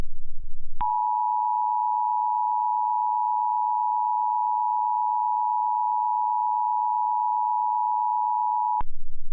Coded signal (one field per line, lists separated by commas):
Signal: Emergency Alert System (SAME) tones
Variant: 853 and 960 Hz attention tone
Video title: EAS Remake: Verizon FiOS RMT.